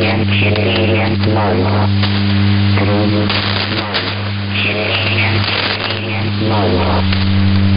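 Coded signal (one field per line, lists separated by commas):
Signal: numbers station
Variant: S06s, Russian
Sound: woman's voice reading short spoken words over loud droning hum and radio noise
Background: radio static, mains hum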